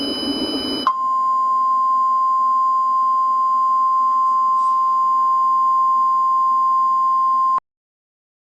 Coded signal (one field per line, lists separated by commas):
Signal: Emergency Alert System (SAME) tones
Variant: 1050 Hz attention tone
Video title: EAS #4 tornado warning